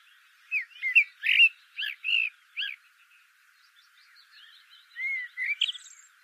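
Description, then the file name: Eurasian blackbird singing a few mellow whistled notes, a pause, then a smooth whistle followed by a thin, high twitter. "Turdus merula"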